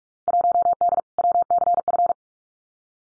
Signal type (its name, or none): Morse code